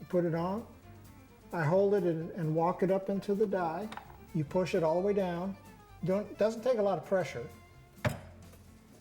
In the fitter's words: till you hear that cam click over